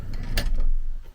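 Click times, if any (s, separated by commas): 0.4 s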